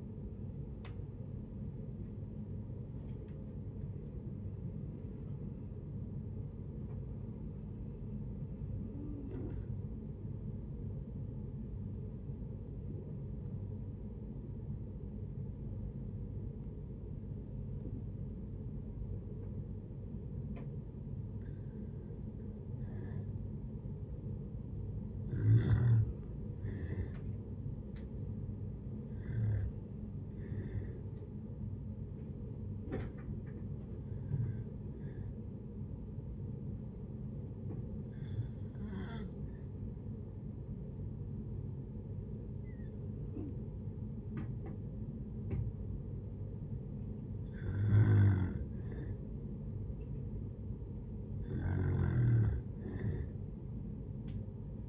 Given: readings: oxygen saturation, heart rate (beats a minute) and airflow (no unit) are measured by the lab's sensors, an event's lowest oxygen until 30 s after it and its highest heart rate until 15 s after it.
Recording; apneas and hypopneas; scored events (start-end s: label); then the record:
breathing in sleep by a smartphone at the bedside; 2
0.00-5.00 s: awake
2.00-32.00 s: new sleep stage, N1 (lightest sleep)
12.00-25.80 s: hypopnea (N1, oxygen 97% highest, then 93% lowest)
32.00-54.89 s: new sleep stage, N2 (light sleep)
36.00-48.90 s: hypopnea (N2, oxygen 96% highest, then 93% lowest)
From the record:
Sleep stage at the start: awake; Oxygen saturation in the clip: 93 to 98%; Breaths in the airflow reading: 12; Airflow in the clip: -9.5 to 9.7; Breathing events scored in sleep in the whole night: 496 in 5.4 hours asleep